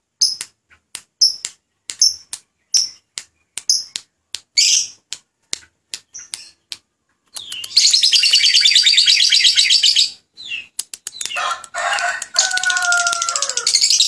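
Lovebird calls: sharp separate high chirps spaced irregularly, then a continuous shrill chattering burst, a brief gap, and more chatter with some lower squeaky notes.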